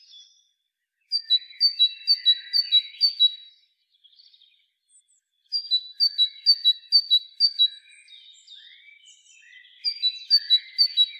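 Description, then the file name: Great tit singing a see-sawing two-note whistle, about five or six pairs per burst, given in three bursts separated by short pauses. "Parus major"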